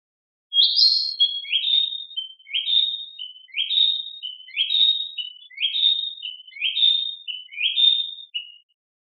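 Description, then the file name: Narcissus flycatcher song: a high whistled opening followed by about seven repeated short phrases, steady and clear against silence. Recorded 9 May 2009. "20090509 kibitaki"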